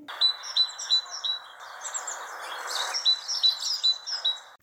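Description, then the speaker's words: Eurasian blue tit calling, thin high chirps in a quick series over a steady hissing background. The tit's call, described in French as 'zinzinuler'. "Et oui, c'est le cri de la mésange. Elle zanzinule."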